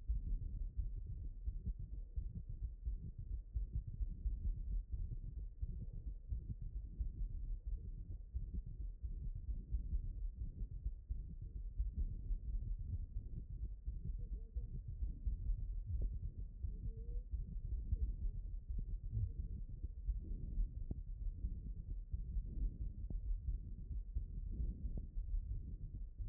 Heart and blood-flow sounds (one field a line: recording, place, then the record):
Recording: heart sounds by stethoscope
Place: aortic valve (AV)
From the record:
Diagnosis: HFrEF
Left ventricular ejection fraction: 28%